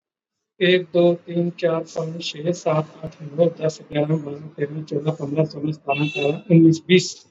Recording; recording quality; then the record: counting at a normal pace; excellent, no background noise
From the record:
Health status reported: exposed to COVID-19, no respiratory illness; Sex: male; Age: 40 years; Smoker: no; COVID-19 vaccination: both doses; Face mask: worn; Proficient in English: yes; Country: India